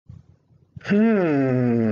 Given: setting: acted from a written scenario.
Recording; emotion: vocal sound without words; interest